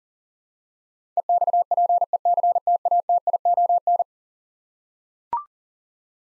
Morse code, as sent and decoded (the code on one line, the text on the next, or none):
. -..- .--. . -.-. - .- - .. --- -.
EXPECTATION